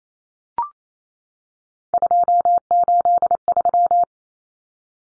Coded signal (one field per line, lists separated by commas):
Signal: Morse code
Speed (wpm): 28 wpm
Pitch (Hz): 700 Hz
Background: none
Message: 283